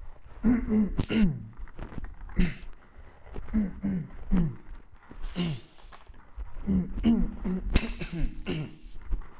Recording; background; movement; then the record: throat clearing; quiet; walking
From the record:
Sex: male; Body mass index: 21.0 kg/m2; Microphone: on the chest, facing the body